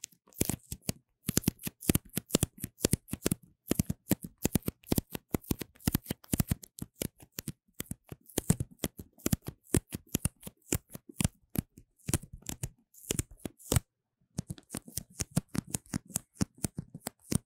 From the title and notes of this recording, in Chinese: 用紙膠帶裝飾雪怪MIC| Paper tape decorating the sound of the MIC | NoTalking。